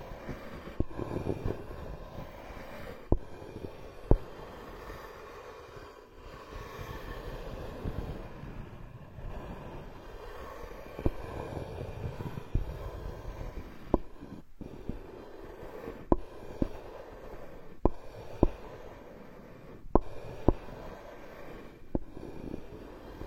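Sharp wooden knocks and taps in a carpenter's workshop ring out at irregular intervals, every one to three seconds, over a steady low rumbling drone. A quieter stretch with fewer knocks comes around the middle before the taps return more often.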